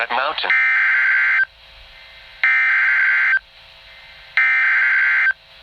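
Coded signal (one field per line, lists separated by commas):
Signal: Emergency Alert System (SAME) tones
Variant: header bursts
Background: speech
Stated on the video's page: Flash Flood Warning captured off a radio as audio only, recorded with the Apple Voice Memos app.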